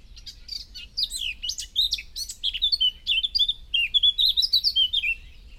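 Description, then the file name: Eurasian blackcap giving its song, a busy jumble of scratchy, high chirps followed by a rapid string of clear, mellow whistled notes. "Sylvia atricapilla"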